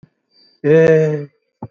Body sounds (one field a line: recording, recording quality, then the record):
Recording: sustained vowel as in made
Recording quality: excellent, no background noise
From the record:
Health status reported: COVID-19 positive, mild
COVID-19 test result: positive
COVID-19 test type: RT-PCR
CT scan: not taken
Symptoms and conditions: cough, cold, breathing difficulty, fever, fatigue, muscle pain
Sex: male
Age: 80 years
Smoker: no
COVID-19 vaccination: none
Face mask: worn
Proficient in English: no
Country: India